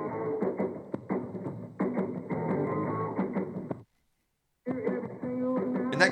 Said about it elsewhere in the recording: If you have sensory hearing loss, this is severe sensory hearing loss. It's all so muffled, and the volume is like 10%.